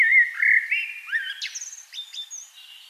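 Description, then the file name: Common blackbird song, a sustained mellow fluted note sliding into a rising squeaky twitter with thin high end notes. "Turdus merula"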